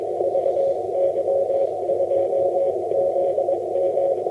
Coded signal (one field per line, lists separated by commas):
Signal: Morse code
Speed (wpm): 22 wpm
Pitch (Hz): 550 Hz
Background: none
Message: VY2ZM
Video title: RSGB Convention lecture 2016 - Contesting from VY2ZM on Prince Edward Island